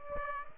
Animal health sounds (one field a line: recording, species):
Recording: mosquito wingbeat signal from an infrared sensor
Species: Aedes aegypti